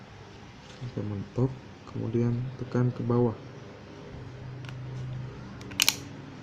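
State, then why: Seated. A SO-DIMM RAM stick is pushed into the second memory slot of a Lenovo G40-70 laptop until it bottoms out, then pressed down. Someone talks, a few faint taps follow, and then the side retaining clips snap over the module with a sharp double click at 5.8 and 5.9 seconds, seating it.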